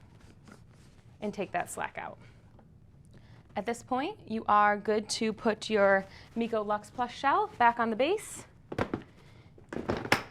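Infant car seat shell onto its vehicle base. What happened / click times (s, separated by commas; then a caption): The infant car seat latched onto its base / 10.1 s. A Maxi-Cosi Mico Luxe+ infant car seat shell is set back onto its base, installed rear-facing with the vehicle belt in a car, and pushed down until it locks. Someone talks, then a few short knocks are followed by a sharp, loud thunk at 10.1 s as the seat latches onto the base.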